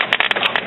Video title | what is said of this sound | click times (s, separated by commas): CIS-How-To-Install-Epson-Workfore-845-840-645-545-Executive-II-Constant-Ink-Flow-System | you hear it click in if it doesn't click in you're going to get cannot recognize | 0.1 s, 0.2 s